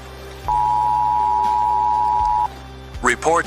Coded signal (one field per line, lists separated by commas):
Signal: Emergency Alert System (SAME) tones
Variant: 853 and 960 Hz attention tone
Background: speech, music